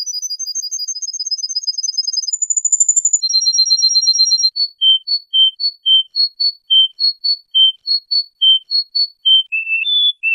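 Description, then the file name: Canary song: a rapid trill of high pure notes, a short steady whistle, another trill, then a series of clear separate notes, lower at the end. "kenari"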